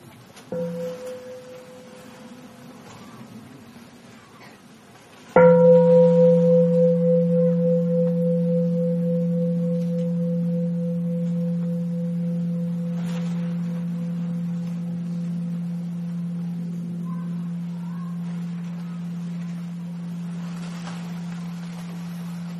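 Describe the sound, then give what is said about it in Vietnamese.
A large mindfulness bell is struck once, sounded so listeners can pause and breathe, ringing with a deep steady hum and a higher overtone that fade only slowly over many seconds; a softer earlier ring lingers before the strike. No one speaks. “Chúng ta nghe một tiếng chuông để thở và tiếp xúc với cái tịnh độ, với hạnh phúc trong giây phút hiện tại.”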